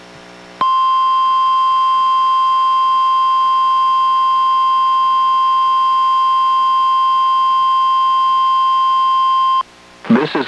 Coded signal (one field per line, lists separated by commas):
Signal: Emergency Alert System (SAME) tones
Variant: 1050 Hz attention tone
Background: speech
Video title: EAS #899: NWR Required Weekly Test- Jan. 3, 2024- 11:03AM PST